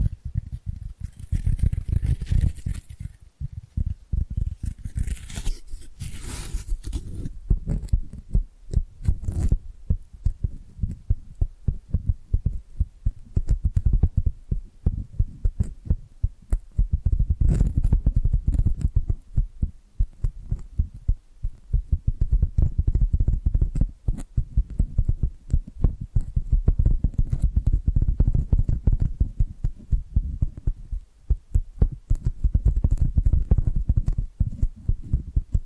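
Soft, rapid tapping panned around the head, mostly dull low thuds in dense irregular bursts, with brief brighter rustles in the first ten seconds.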